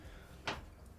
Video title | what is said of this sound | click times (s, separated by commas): How To Replace A Crankshaft Seal On A Two Stroke Motorcycle 🔧⚙️🔩 KTM Husqvarna 300/250 xc xcw | So that little clip goes up inside here, and then this rotates around and snaps into place. | 0.5 s